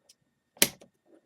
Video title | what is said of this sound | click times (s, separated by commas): Sig Sauer p229 complete Disassembly and Reassembly (Frame). | And it pops into place. | 0.6 s